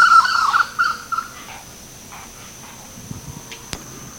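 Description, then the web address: Bird calls: a quick burst of harsh, ringing notes in the first second or so, then steady hiss with a faint click. "BIRD 2015 SABIOD"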